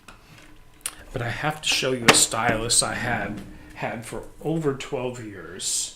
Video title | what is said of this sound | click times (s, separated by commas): Special Edition Bernette B79 Fun Time Episode 1 | just clicks right into place | 0.9 s